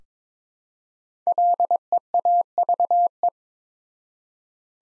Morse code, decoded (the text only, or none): LEAVE